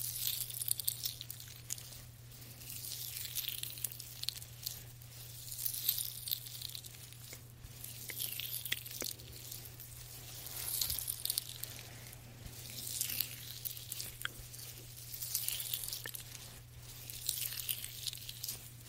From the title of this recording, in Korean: 말없이 부드러운 손 마사지 소리